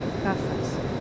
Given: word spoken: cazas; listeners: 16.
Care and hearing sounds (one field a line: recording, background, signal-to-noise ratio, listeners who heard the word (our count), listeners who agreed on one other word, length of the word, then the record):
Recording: one Spanish word in noise, from a listening test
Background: speech-shaped noise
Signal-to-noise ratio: -5.2 dB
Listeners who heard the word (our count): 1 of 16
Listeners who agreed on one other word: 9 of 16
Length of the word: 0.60 s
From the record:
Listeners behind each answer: 9, 3, 2, 1, 1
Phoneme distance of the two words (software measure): 10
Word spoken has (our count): 2 syllables, 5 phonemes, stress on syllable 1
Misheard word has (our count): 2 syllables, 5 phonemes, stress on syllable 1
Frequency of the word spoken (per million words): 1.31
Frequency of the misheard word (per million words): 26.06